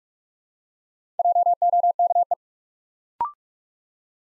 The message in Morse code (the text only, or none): JOKE